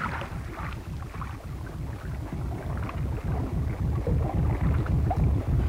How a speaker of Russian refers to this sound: Маленький катер замедлил ход, уперся носом в льдину,